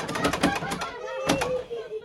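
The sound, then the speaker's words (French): A door blocked from the other side is shoved and rattled in several quick, clattering bursts, pausing briefly before two more sharp jolts, with a faint voice-like tone in between. “La porte est bloquée de l'autre côté !”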